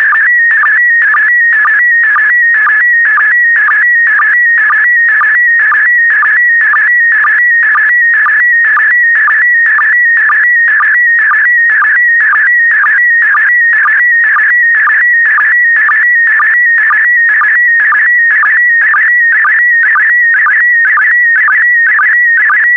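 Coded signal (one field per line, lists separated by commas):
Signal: SSTV (slow-scan television)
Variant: PD120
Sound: steady high whistling tone with rapid warbling chirps repeating about twice per second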